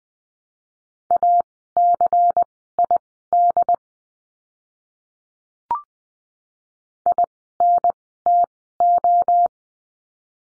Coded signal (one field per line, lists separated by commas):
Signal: Morse code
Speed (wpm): 20 wpm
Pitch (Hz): 700 Hz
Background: none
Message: ACID INTO